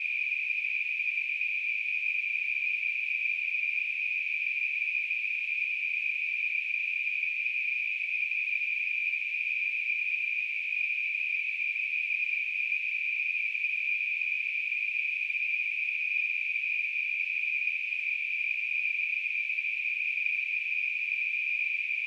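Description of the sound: A steady, continuous high-pitched ringing tone with a hissy edge, a simulation of tinnitus.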